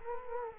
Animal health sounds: mosquito wingbeat signal from an infrared sensor; Culex quinquefasciatus

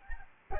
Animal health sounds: mosquito wingbeat signal from an infrared sensor; Aedes albopictus

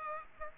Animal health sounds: mosquito wingbeat signal from an infrared sensor; Aedes aegypti

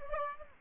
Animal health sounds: mosquito wingbeat signal from an infrared sensor; Aedes aegypti

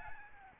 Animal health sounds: mosquito wingbeat signal from an infrared sensor; Aedes albopictus

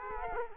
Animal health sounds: mosquito wingbeat signal from an infrared sensor; Culex quinquefasciatus

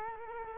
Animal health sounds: mosquito wingbeat signal from an infrared sensor; Culex quinquefasciatus

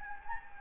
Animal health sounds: mosquito wingbeat signal from an infrared sensor; Anopheles gambiae

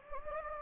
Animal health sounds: mosquito wingbeat signal from an infrared sensor; Anopheles gambiae

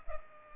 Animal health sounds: mosquito wingbeat signal from an infrared sensor; Culex pipiens

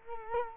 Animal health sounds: mosquito wingbeat signal from an infrared sensor; Culex quinquefasciatus

